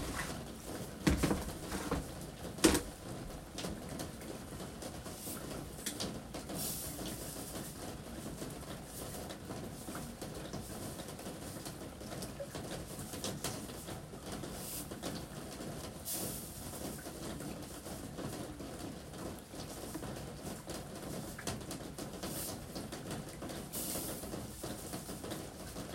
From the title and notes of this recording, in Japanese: 今日は梅雨の雨の日。屋根に降る雨の音。